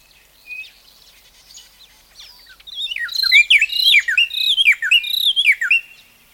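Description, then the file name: Bird chirping. A few faint, scattered notes come first, then a dense run of quick, high twittering notes with sharp downward slurs that lasts about three seconds. "bbc bird"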